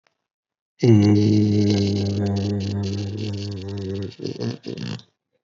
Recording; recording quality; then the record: sustained vowel as in made; excellent, no background noise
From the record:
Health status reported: healthy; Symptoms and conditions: fever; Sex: male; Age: 40 years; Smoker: not ticked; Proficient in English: yes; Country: India